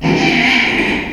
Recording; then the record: squeal of a Yucatan mini pig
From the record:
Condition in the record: after surgery on the right vocal fold (resection and tissue-engineered implant); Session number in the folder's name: 2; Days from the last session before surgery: 13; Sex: male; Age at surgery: 12 weeks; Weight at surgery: 13 kg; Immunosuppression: cyclosporine, prednisolone